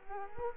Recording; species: mosquito wingbeat signal from an infrared sensor; Culex quinquefasciatus